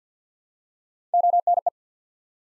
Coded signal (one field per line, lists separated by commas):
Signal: Morse code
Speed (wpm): 48 wpm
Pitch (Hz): 700 Hz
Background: none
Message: ONE